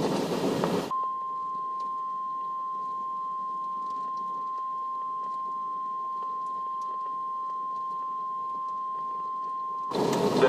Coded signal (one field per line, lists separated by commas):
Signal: Emergency Alert System (SAME) tones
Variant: 1050 Hz attention tone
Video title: Hattiesburg tornado NOAA WX radio